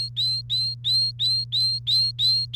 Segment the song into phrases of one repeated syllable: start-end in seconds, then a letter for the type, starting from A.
0.00-2.56 A